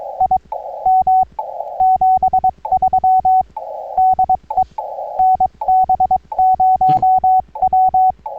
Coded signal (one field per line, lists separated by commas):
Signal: Morse code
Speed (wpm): 22 wpm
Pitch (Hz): 750 Hz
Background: radio noise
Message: IM 73 DE NB0W